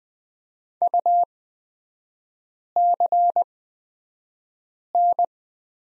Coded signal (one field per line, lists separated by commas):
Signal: Morse code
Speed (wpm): 20 wpm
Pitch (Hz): 700 Hz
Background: none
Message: UCN